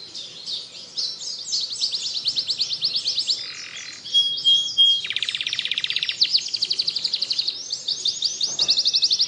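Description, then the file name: Canary singing continuously: rapid buzzy rolls and fast trills in shifting tempos, with a brief pure whistle partway through. Canary singing continuously in the song style called ngebren. "Suara Kenari Ngebren"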